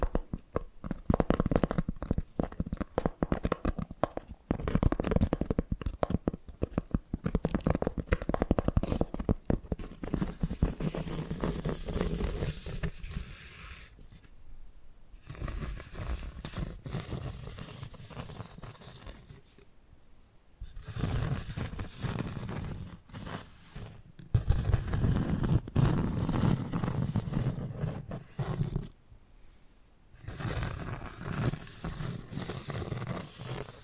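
Tapping and scratching sounds run through the clip, dense and rapid for the first dozen seconds, then softer, more even scraping. Brief near-silent gaps break it around 14, 20 and 29 seconds, with a slightly louder stretch of scratching after each pause.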